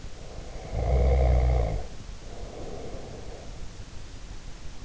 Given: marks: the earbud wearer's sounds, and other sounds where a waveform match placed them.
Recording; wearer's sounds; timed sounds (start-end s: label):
sounds in sleep by an in-ear microphone; snoring breath
0.08-3.71 s: snoring breath